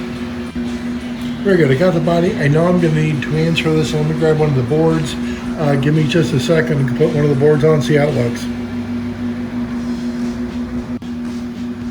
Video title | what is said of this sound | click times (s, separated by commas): Surf’s Up! Modding Aurora’s El Camino Surfboards for the Perfect Look! | Just grabbed the yellow one. It snapped right into place. | 11.0 s